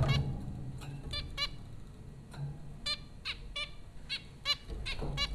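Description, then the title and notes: Zebra finch calls, brief nasal toots repeated irregularly over a low background rumble. Zebra finches recorded by Dan Bodah at Popcorn School, Flatbush, Brooklyn, New York, USA, April 15, 2009. "Dronecast No. 030: The Popcorn Finches Four from Apr 15, 2009. Zebra finches recorded by Dan Bodah at Popcorn School, Flatbush, Brooklyn NY in April 2009"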